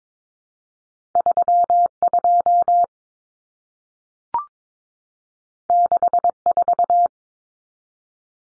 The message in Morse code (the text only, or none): 32 64